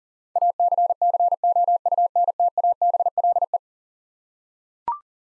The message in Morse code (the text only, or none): ACCOUNTABLE